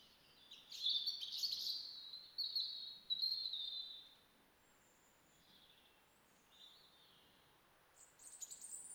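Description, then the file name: European robin song: a string of high, warbled phrases over the first four seconds, then faint notes and a final shrill burst. "Erithacus rubecula"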